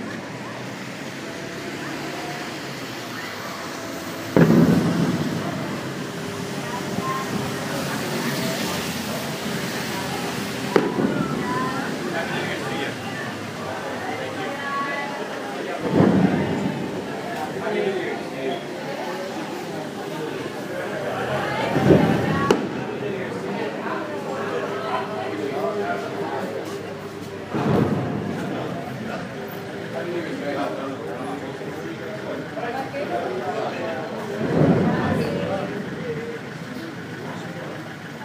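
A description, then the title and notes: Outdoors in the city at midnight on New Year's Eve, loud strikes ring out roughly every six seconds, each leaving a lingering low tone. Between them, a busy crowd murmurs and chatters steadily, with scattered shouts and bangs. The Clock Strikes 12 On New Years' Eve in Havana, Cuba. Recorded outside the Hotel Colina, in El Vedado in Ciudad Habana, Cuba.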